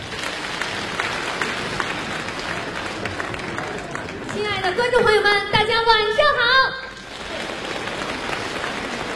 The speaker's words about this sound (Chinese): 这个女相声演员上来掌声就是不一样，咱们再来一遍呗。